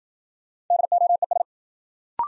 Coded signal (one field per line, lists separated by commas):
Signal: Morse code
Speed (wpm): 53 wpm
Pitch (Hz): 700 Hz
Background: none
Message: DOES